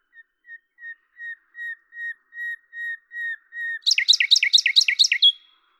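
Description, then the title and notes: Common nightingale song: a series of pure whistled notes swelling steadily louder, then a rapid burst of repeated chirping notes. Recorded at Lavours, France, on 10/05/1998 with a Tascam DAP-1 and a Télingua microphone; processed in Samplitude 5.1. "rossignol à LAVOURS. D83, 01350 Lavours, France. 10/05/1998"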